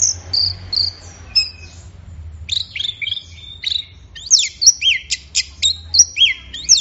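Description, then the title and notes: Orange-headed thrush gives clear whistled phrases, then a pause and a series of high chirping, down-slurred notes that grows louder toward the end. Bird in full, vigorous song (gacor, teler), offered as a track for training songbirds; offline collection. "Anis Merah Gacor Teler Untuk. Kumpulan Suara Burung Anis Offline"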